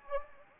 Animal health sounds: mosquito wingbeat signal from an infrared sensor; Anopheles gambiae

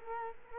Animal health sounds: mosquito wingbeat signal from an infrared sensor; Culex quinquefasciatus

